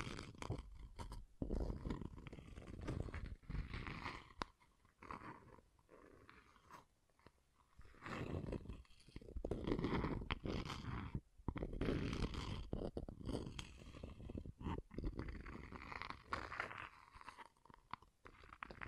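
Scratching and tracing on a surface, rough and gritty, in bursts of strokes broken by short pauses around 4.5, 7 and 11 seconds. The scraping is dense and coarse with a crunchy, chewing-like texture, swelling louder from about 8 to 13 seconds.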